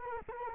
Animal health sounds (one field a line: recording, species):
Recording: mosquito wingbeat signal from an infrared sensor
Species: Culex quinquefasciatus